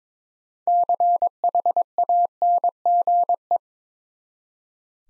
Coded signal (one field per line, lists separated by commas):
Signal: Morse code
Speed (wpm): 22 wpm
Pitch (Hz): 700 Hz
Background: none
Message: CHANGE